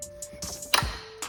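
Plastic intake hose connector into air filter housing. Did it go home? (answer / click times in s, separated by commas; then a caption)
yes / 0.7 s. On a 2017 Audi Q7, during an air filter replacement, the smaller plastic intake hose connector is pushed back onto the air filter housing. Soft ticks and rustles sound over steady background music until a sharp click at 0.8 s, followed by a brief low thump. The connector is seated.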